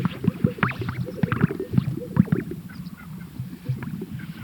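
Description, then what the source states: Greater sage-grouse giving low plopping and gurgling notes, stronger in the first half and then thinning to softer, scattered pops. Recorded at a lek.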